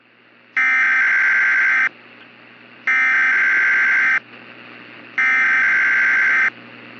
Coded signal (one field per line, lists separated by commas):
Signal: Emergency Alert System (SAME) tones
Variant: header bursts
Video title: “Big Southwest Hailstorm” - EAS Scenario